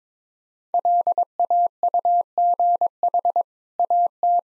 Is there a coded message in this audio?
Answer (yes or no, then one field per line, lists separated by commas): yes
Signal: Morse code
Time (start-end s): 0.7-4.4 s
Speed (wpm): 22 wpm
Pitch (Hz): 700 Hz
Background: none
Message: LAUGH AT